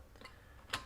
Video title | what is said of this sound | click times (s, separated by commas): How to Install a 5816 Door Sensor | snap the top into place again we've got our two notches that line up go | 0.7 s